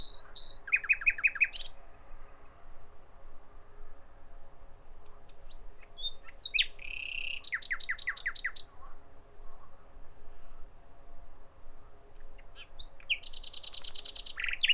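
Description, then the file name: Common nightingale song: varied phrases with rapid repeated notes, a fast rattling burst near eight seconds and a high trill at the end, pauses between phrases. "Nachtigall"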